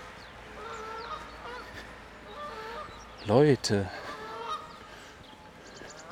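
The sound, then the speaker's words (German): A brooding goose on a jetty lets out a short burst of loud, harsh defensive honks, two blasts in quick succession that rise sharply above a steady background murmur of people talking. “Aber wenn jemand auf die Brütende zusteuert, tja, dann gibt das hier schon mal Ärger.”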